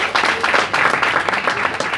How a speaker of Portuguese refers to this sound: Não tinha muita animação nas palmas, não, mas tudo bem.